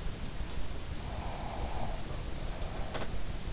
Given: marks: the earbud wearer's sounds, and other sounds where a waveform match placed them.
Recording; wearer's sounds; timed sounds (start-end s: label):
sounds in sleep by an in-ear microphone; breath
0.71-3.00 s: breath